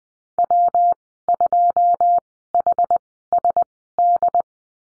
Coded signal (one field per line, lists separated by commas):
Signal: Morse code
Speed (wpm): 20 wpm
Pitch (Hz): 700 Hz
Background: none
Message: W2HSD